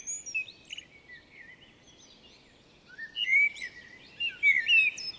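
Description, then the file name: Common blackbird song: warbled, slurred high phrases, quieter at first and louder in the second half. "Turdus merula"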